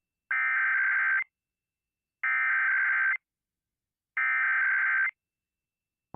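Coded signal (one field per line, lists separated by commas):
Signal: Emergency Alert System (SAME) tones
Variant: header bursts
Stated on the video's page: Real required monthly test (RMT) on a Little Rock broadcast station, caught via a livestream.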